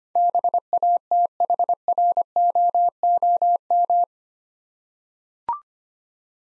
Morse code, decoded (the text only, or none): BATHROOM